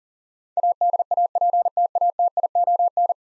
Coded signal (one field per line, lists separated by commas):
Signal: Morse code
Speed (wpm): 40 wpm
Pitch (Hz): 700 Hz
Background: none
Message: ADAPTATION